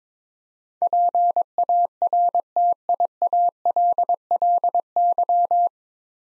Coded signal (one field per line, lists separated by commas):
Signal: Morse code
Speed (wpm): 22 wpm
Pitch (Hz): 700 Hz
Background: none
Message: PARTIALLY